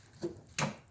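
On a 2011 Chevy Traverse 3.6L engine, a second plastic hose quick-connector is pushed down onto its intake nipple fitting, the same as the previous hose. A softer rustling contact comes at about 0.2 s, then a sharp, bright click at 0.6 s as the connector snaps on and seats fully.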